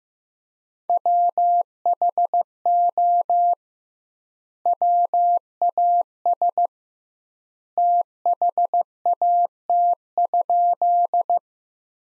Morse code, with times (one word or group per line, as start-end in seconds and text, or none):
0.9-3.5 WHO
4.7-6.7 WAS
7.8-11.4 THAT?